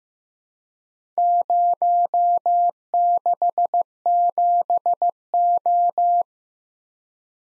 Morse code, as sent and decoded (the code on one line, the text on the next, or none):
----- -.... --... ---
067O